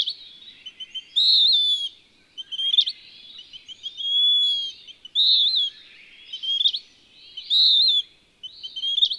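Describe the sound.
Bird singing a series of high whistled phrases, some long and sliding downward, separated by clusters of short chirps, with light background noise throughout.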